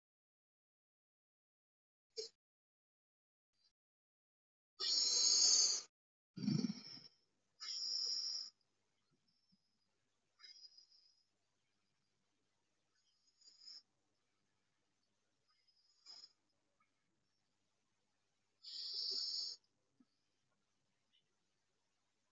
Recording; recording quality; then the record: deep breathing; excellent, no background noise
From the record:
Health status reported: COVID-19 positive, moderate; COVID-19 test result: positive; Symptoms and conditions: cough, cold, breathing difficulty, sore throat, fever, fatigue, diabetes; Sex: male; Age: 45 years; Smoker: not ticked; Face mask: worn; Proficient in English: yes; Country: India